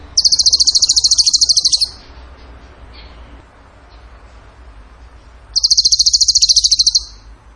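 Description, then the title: Bird song of two bright, fast, even trills lasting under two seconds each, separated by a pause of about three and a half seconds. Training song (masteran) in the tembakan gacor style. "Masteran Burung Tembakan Gacor"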